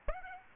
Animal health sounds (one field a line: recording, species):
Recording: mosquito wingbeat signal from an infrared sensor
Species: Aedes aegypti